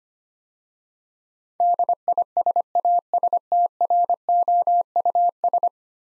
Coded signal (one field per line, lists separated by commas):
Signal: Morse code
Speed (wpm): 25 wpm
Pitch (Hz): 700 Hz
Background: none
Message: DISASTROUS